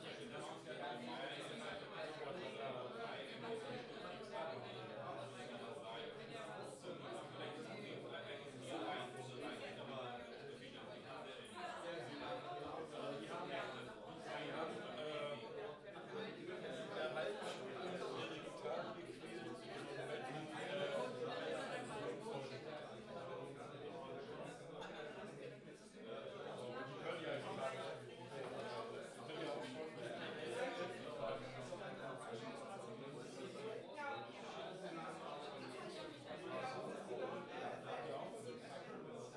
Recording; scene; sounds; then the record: everyday scene through a hearing-aid microphone; many people talking; many voices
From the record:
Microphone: in the ear canal, left